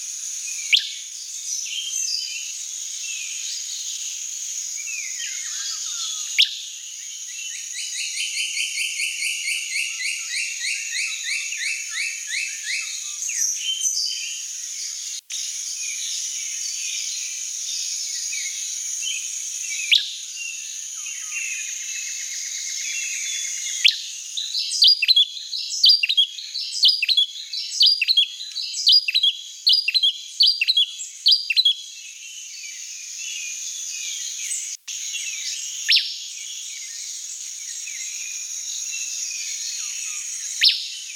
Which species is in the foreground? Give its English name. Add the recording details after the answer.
Riverside Wren. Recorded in the wild. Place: Quepos / Manuel Antonio Nationalpark, CR. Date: 1992-04-21. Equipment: Dat-Recorder Casio DA 7, Telinga DAT, Telinga-Parabolspiegel. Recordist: Schwarz, Dieter